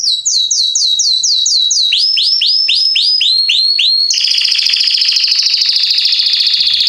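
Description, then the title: Belgian canary song, a quick series of repeated chirps, then a lower repeated series, then a continuous buzzy, rolling trill to the end. Male Belgian canary named Salsa singing very strongly and a lot; used to warm up young birds. "Esquente Seu Filhote E Canario Belga Em 30 Minutos Macho Cantando Muito. Canrio Belga Salsa cantando muito forte"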